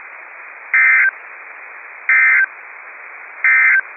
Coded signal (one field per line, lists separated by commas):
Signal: Emergency Alert System (SAME) tones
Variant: end-of-message bursts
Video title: Required Weekly Test - 05/01/19 (EAS #82)